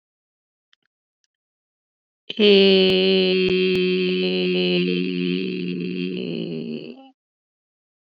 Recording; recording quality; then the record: sustained vowel as in made; excellent, no background noise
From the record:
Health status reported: recovered from COVID-19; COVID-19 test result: positive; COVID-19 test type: RT-PCR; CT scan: not taken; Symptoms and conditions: none ticked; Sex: female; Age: 59 years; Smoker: no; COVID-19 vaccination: both doses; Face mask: not worn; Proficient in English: yes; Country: India